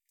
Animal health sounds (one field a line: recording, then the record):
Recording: hydrophone in a shrimp aquaculture tank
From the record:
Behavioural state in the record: feeding